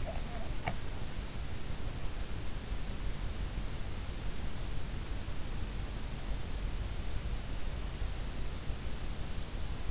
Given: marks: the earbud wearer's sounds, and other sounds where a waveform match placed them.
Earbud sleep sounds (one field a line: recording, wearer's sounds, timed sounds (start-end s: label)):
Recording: sounds in sleep by an in-ear microphone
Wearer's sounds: snoring breath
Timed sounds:
0.00-0.75 s: snoring breath